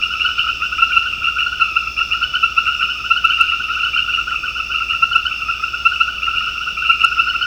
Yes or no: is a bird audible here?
no